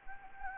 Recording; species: mosquito wingbeat signal from an infrared sensor; Anopheles gambiae